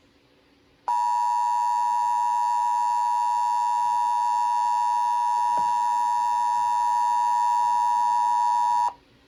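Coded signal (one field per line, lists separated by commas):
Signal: Emergency Alert System (SAME) tones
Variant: 853 and 960 Hz attention tone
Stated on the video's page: Special Marine Warning and a relayed alert.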